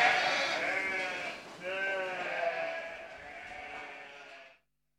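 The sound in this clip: Sheep giving two bleats: a loud quavering cry, then a second one that slowly fades into silence.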